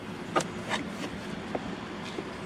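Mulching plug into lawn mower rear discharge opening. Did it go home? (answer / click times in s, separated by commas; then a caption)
yes / 0.4 s. A plastic mulching plug is pushed back into the rear discharge opening of a Greenworks 60 Volt Pro self-propelled lawn mower deck. It pops into place with a sharp click at 0.4 s, followed by a few fainter knocks and handling sounds over steady low background noise. The plug is seated.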